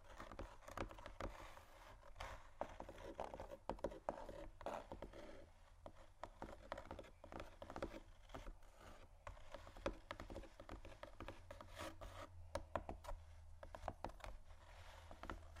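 Fingers scratch and tap on cardboard boxes in a dense, uneven stream of dry rasping strokes and short knocks. Sharper taps land every second or so, with busier clusters near the start and around twelve seconds. A steady low hum runs underneath throughout.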